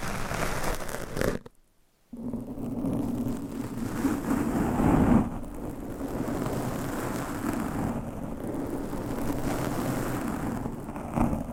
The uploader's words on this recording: ASMR Mic Scratching , Tapping & Brushing with Different Mic Covers , Brushes & Nails No Talking.